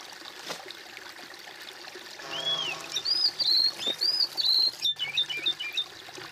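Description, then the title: Bird: quiet hiss at first, then a bird bursts into song: an arched whistle followed by bright, rapid high whistles and chirps. "kOMPILASI suara bird"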